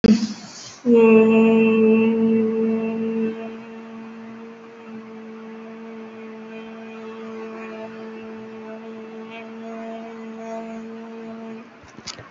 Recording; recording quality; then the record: sustained vowel as in made; excellent, no background noise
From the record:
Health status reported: healthy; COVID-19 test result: negative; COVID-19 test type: RT-PCR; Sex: female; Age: 23 years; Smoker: no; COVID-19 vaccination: one dose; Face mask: worn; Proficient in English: yes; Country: India